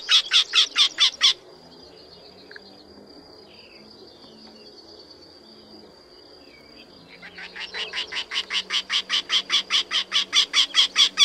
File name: Krętogłów